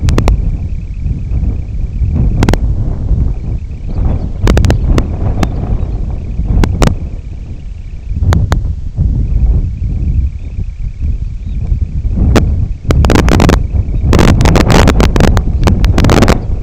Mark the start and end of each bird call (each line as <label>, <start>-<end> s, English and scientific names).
Semipalmated Sandpiper (Calidris pusilla), 0.00-2.67 s
Semipalmated Sandpiper (Calidris pusilla), 3.23-8.22 s
Lapland Longspur (Calcarius lapponicus), 3.73-6.07 s
Semipalmated Sandpiper (Calidris pusilla), 9.12-16.63 s
Red Phalarope (Phalaropus fulicarius), 10.33-10.60 s
Red Phalarope (Phalaropus fulicarius), 11.33-11.62 s
Red Phalarope (Phalaropus fulicarius), 13.85-14.07 s